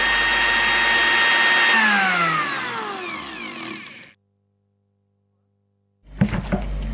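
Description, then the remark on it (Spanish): A loud electric blender whirs with a steady motor whine, then spins down with falling pitch and cuts out; after two seconds of silence it roars back on. “Hoy la licuadora se apodera de nuestros cuerpos.”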